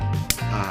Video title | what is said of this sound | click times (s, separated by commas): Revive Phoenix Beyblade Review Bootleg | ada klik. So dia dah ketat eh. | 0.3 s